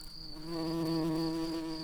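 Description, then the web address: White-tailed bumblebee buzzing, a steady low hum with layered overtones that swells after half a second and holds, alongside a constant high thin tone. Queens. "bumblebees Lucorum-queens"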